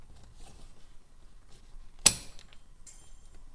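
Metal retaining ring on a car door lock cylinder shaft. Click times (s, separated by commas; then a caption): 2.1 s. A removal tool spreads the metal retaining ring behind the plate on a Trans Am Firebird door lock cylinder shaft, during lock cylinder removal for a broken key replacement. After quiet low rustling, the ring pops off with a single sharp metallic snap at 2.1 s, followed by a brief fading ring and faint high hiss, and the ring is released.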